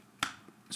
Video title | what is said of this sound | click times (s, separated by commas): Odenwolf's W-Scandi in D2 is TESTED. | pretty good it's tight it doesn't snap it just sort of clunks in place I guess | 0.2 s